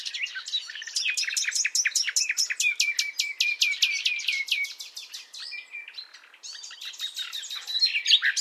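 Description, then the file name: Common nightingale song opening with a long series of rapid repeated strokes, then softer, varied whistles and chatter, with louder notes returning at the end. "Luscinia megarhynchos"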